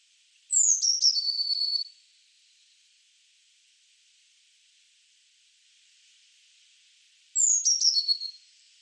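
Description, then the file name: Eurasian blue tit: high piercing notes dropping into a quick trill, given twice roughly seven seconds apart, with quiet between the phrases. "Cyanistes caeruleus"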